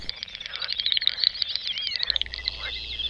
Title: vogel-der-woche Doppelschnepfe